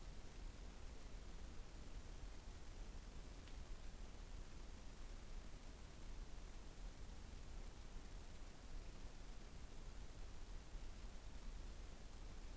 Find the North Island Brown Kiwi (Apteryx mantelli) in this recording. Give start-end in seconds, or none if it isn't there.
none